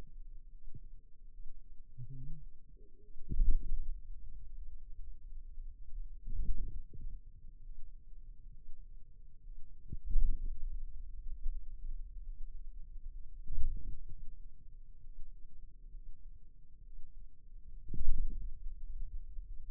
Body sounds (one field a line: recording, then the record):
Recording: forearm muscle sounds (acoustic myography)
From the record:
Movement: radial deviation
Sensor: system 2, bracelet of six BSWA MPA416 microphones around the upper forearm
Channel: 6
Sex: male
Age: 22 years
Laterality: right